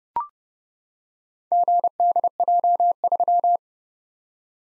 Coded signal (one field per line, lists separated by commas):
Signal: Morse code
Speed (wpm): 30 wpm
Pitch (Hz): 700 Hz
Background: none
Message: GDJ3